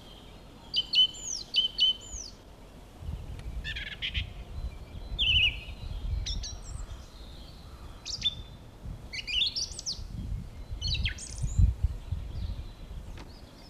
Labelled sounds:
Song Thrush (Turdus philomelos) song
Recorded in the wild
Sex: male
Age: adult
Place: Villach, Kärnten, AT
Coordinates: 46.6, 13.85
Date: 1972-03-24
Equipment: Uher 4100 Report-V, Sennheiser MKH 804
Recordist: Brunner, Thomas

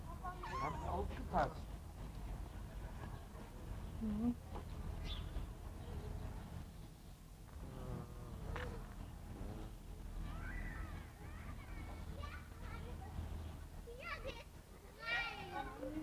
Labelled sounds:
Corsac Fox (Vulpes corsac)
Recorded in captivity
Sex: group
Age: adult
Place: Tierpark Berlin, Berlin, DE
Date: 1960-04-02 18:15
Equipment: Reporter, Verstärkerstufe 2, Vollspur
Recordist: TSA

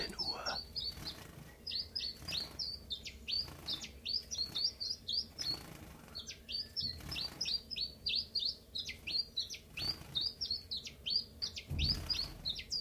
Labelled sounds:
Common Chiffchaff (Phylloscopus collybita)
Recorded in captivity
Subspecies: collybita
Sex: male
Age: adult
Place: Zoologisches Institut Universität Tübingen, Baden-Württemberg, DE
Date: 1963-03-11
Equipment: LGS26
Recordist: Schneider, Hans-Joachim
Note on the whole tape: Rivalengesänge. Ein Paar (Männchen: blau gelb/gelb, Weibchen: blau gelb/grün). Auf dieser Audiodatei auch Aufnahmen vom 12. März. Aufnahmen jeweils bis 7 Uhr

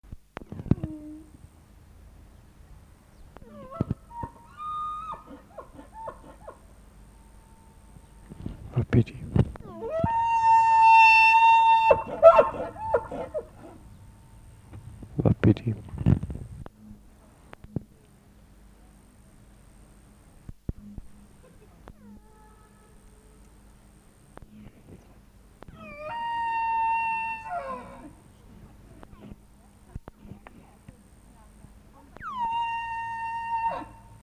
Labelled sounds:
Wapiti (Cervus canadensis) call
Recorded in captivity
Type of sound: call
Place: Tierpark Berlin, Berlin, DE
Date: 1964-11-08 10:00
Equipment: R 21, Sennheiser MD 421, Vollspur
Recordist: Tembrock, Günter
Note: Wapiti. Hirsch: Rufe. Abstand: 5-12 m. Aufnahmezeit: 10.00-15.00 Uhr

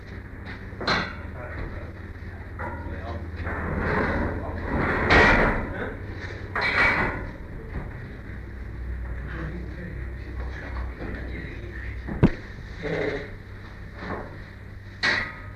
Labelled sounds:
Tiger (Panthera tigris) snorting
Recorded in captivity
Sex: diverse
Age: adult
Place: Tierpark Berlin, Berlin, DE
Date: 1959-07-28
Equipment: Smaragd
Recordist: TSA

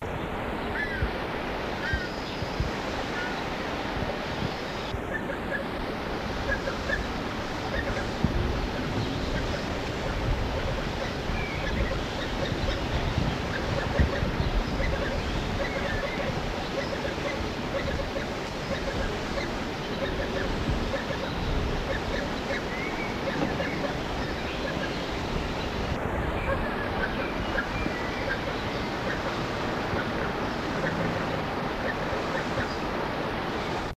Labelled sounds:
Griffon Vulture (Gyps fulvus) call
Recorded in captivity
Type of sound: call
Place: Alpenzoo Innsbruck, Tirol, AT
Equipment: Halbspur, 9,5 cm/s
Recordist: Lütgens, Hans
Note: Betteln

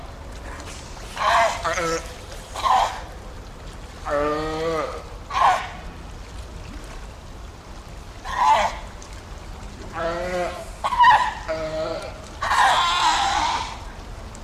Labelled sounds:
California Sea Lion (Zalophus californianus) call
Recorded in captivity
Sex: diverse
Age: diverse
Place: Zoo Osnabrück, Niedersachsen, DE
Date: 1991-09-09 12:36
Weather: overcast, 13°C
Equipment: Marantz CP 430, Kopie Tesla B 116
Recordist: Tembrock, Günter

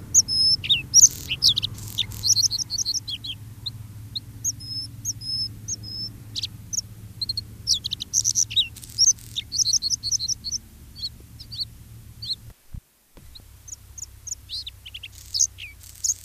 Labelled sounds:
Bluethroat (Luscinia svecica)
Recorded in the wild
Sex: male
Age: diverse
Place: Baiersdorf, Bayern, DE
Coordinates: 49.6647, 11.0231
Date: 1967-06-29
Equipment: Vollspur
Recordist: Tretzel, Erwin
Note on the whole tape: Baiersdorf (Sandgrube) - inzwischen "Baiersdorfer Weiher" oder Angersee: Blaukehlchen: Gesang mit Imitationen: wäd-wäd (Dorngrasmücke), leise Tauchertriller, 1 x Kiebitz, Standortlaute der Jungen und Bettellaute "psirr", kurz Schwalbenzwitschern, Goldammer-Einleitung, pink in der Strophe, kurz vor Ende wird Zeisig imitiert

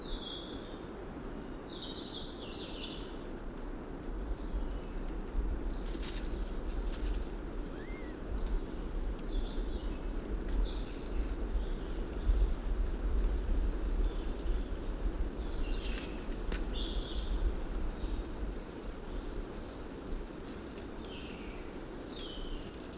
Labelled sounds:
Hazel Grouse (Tetrastes bonasia) call
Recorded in the wild
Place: Bicaz, Moldova, RO
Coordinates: 46.91, 26.085
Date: 1973-04-21
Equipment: Nagra III BH, Sennheiser MD 21, parabola
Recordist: Schubert, Michael

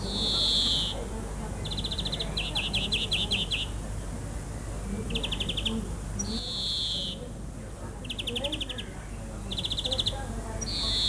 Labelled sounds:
European Greenfinch (Chloris chloris) song
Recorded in the wild
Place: Lübars, Berlin, DE
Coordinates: 52.6167, 13.35
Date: 2004-06-27 20:55
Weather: overcast, 22°C
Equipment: Sony WM-D6C, Sennheiser ME 80, Kopie Uher 4000 Report Monitor
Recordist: Tembrock, Günter

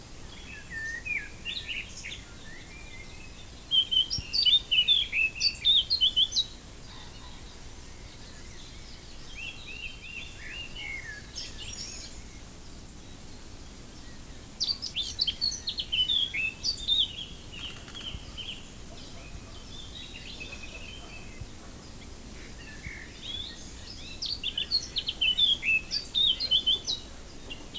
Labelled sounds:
Eurasian Blackcap (Sylvia atricapilla) song
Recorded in the wild
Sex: male
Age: adult
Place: Lübars (Fließtal), Berlin, DE
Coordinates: 52.6167, 13.35
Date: 2000-06-04 13:16
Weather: fair, 27°C
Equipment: Nagra SN, Kopie Uher 4000 Report Monitor
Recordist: Tembrock, Günter

